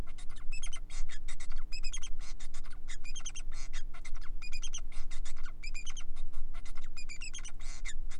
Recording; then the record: song of a male Bengalese finch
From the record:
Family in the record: son of father 4